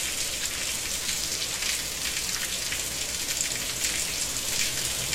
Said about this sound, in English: The pitter-patter, splitter-splatter of Sunday mornings. Wait, no, that's bacon. And it's spitting all over your PJs.